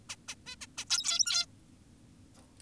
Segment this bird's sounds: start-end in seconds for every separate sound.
0.10-0.16, 0.28-0.35, 0.46-0.56, 0.61-0.66, 0.78-0.85, 0.90-1.46